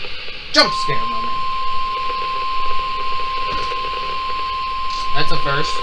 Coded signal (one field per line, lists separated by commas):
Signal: Emergency Alert System (SAME) tones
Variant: 1050 Hz attention tone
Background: speech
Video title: EAS Alerts from 4/19-5/5! EAS #138-151